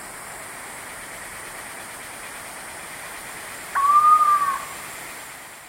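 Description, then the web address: Screaming piha whistle: a single clear, slightly arching whistled note lasting under a second, following a long stretch of steady hiss. South America, Eastern Lowlands. "Natures Songs S America Eastern Lowlands 442 Screaming Piha"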